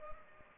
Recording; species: mosquito wingbeat signal from an infrared sensor; Culex pipiens